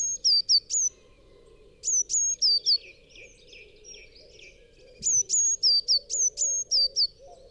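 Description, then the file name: Eurasian Blue Tit gives rapid runs of piercing high notes, each dropping in pitch, in three groups, with quieter high twitters between and a faint low hum throughout. "Cyanistes caeruleus"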